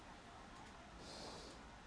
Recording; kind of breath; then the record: one breath in and out by a microphone near the nose and mouth; normal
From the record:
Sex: male